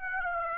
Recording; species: mosquito wingbeat signal from an infrared sensor; Aedes aegypti